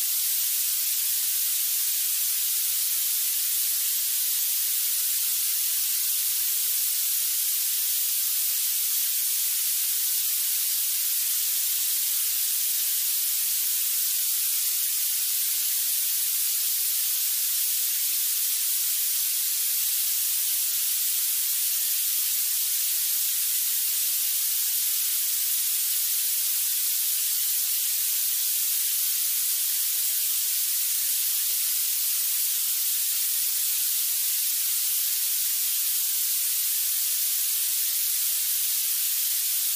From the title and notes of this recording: Violet noise has a distinct high-frequency bias making it less soothing.